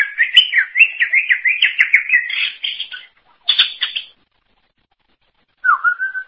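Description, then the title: Greater green leafbird song: a continuous warbling stream of quick rising and falling whistles, a brief burst, silence, then a single slurred phrase. "Cucak ijo"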